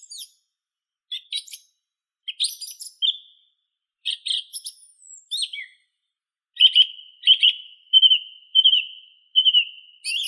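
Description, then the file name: Song thrush song: varied whistled and chattering phrases in short bursts, with a run of clear repeated whistles near the end. "Drozd pevchij Turdus philomelos"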